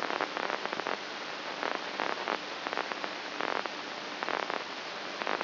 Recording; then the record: brain microelectrode recording played as sound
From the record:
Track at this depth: outside the subthalamic nucleus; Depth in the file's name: 1.539 mm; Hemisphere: left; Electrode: 2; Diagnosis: Parkinson's disease